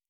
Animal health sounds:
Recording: hydrophone in a shrimp aquaculture tank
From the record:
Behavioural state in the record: normal

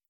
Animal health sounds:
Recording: hydrophone in a shrimp aquaculture tank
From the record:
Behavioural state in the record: stressed

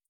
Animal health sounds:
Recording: hydrophone in a shrimp aquaculture tank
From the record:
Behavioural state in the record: feeding

